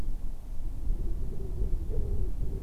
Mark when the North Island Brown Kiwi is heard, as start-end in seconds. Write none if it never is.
none